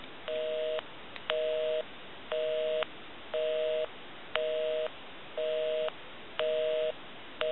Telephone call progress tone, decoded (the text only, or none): busy tone